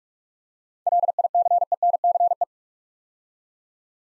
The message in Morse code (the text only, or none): LICENCE